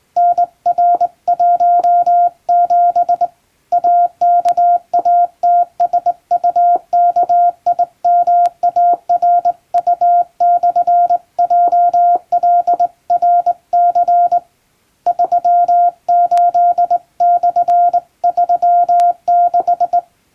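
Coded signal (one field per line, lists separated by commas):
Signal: Morse code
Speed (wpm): 20 wpm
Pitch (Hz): 700 Hz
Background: none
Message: NR17 AKATSUKIMARU/JLRC 38/36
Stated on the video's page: Morse code practice sent with a straight key.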